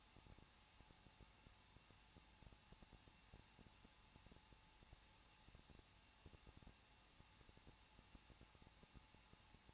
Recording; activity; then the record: daily activity, microphone in the room; no activity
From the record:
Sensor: 1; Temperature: 20.1 degrees Celsius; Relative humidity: 39.1%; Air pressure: 1006.3 hPa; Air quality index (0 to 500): 217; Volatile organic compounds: 75 ppm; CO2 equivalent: 3564 ppm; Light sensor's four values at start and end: 1/2/1/1 and 1/2/1/1